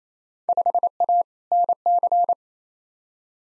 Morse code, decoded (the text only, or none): 5A NC